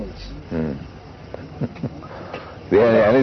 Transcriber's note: chuckles